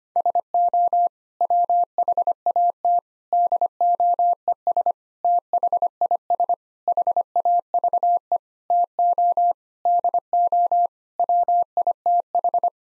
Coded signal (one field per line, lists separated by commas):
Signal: Morse code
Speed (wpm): 25 wpm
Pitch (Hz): 700 Hz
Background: none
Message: SO WHAT DOES THIS HAVE TO DO WITH